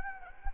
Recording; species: mosquito wingbeat signal from an infrared sensor; Anopheles arabiensis